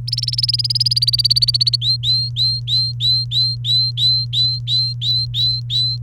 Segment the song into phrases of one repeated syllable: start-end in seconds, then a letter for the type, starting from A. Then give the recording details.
0.07-1.76 A, 1.81-5.97 B. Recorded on 30 April 2018 at 07:49. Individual llb3